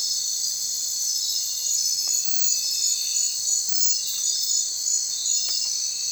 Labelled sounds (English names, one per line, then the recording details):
none
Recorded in secondary vegetation near Puerto Asís, Putumayo, Colombia, on 30 June 2025 at 02:00
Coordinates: 0.499, -76.323
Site G077